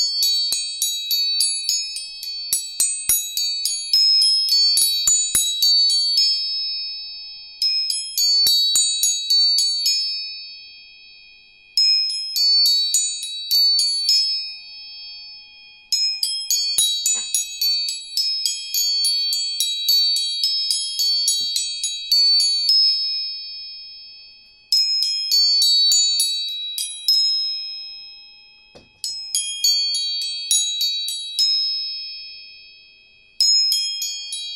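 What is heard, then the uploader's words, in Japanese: Tuning forks are struck in quick clusters, bright ringing tones shimmering over a steady high pitch and fading during short pauses between bursts. 音叉チューニング全体性。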